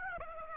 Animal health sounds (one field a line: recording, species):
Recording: mosquito wingbeat signal from an infrared sensor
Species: Aedes aegypti